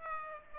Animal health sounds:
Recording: mosquito wingbeat signal from an infrared sensor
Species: Aedes aegypti

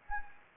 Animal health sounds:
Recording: mosquito wingbeat signal from an infrared sensor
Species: Anopheles gambiae

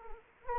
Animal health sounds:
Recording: mosquito wingbeat signal from an infrared sensor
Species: Anopheles arabiensis

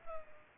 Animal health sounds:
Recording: mosquito wingbeat signal from an infrared sensor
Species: Culex pipiens

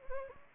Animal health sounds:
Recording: mosquito wingbeat signal from an infrared sensor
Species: Anopheles gambiae

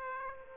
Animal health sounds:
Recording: mosquito wingbeat signal from an infrared sensor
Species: Aedes aegypti

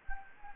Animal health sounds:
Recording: mosquito wingbeat signal from an infrared sensor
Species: Anopheles gambiae

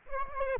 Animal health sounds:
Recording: mosquito wingbeat signal from an infrared sensor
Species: Aedes aegypti

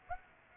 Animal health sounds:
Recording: mosquito wingbeat signal from an infrared sensor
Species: Aedes aegypti

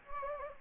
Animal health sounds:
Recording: mosquito wingbeat signal from an infrared sensor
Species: Anopheles gambiae

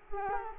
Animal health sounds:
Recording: mosquito wingbeat signal from an infrared sensor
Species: Culex quinquefasciatus

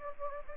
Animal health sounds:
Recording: mosquito wingbeat signal from an infrared sensor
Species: Anopheles gambiae

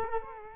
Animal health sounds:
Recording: mosquito wingbeat signal from an infrared sensor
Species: Culex quinquefasciatus

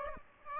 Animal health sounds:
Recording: mosquito wingbeat signal from an infrared sensor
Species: Aedes aegypti

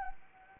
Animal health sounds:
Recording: mosquito wingbeat signal from an infrared sensor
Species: Anopheles arabiensis

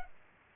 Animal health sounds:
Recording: mosquito wingbeat signal from an infrared sensor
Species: Culex pipiens

